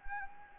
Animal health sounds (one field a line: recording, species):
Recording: mosquito wingbeat signal from an infrared sensor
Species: Anopheles gambiae